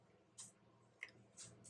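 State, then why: Seated. After a stronger spring goes back in, a plastic internal spring-assembly part is pushed into the housing of a Dart Zone Pro MK 1.2 foam dart blaster, with soft scraping rustles around 0.4 s and 1.4 s. A sharp click at 1.0 s marks the part locking into place.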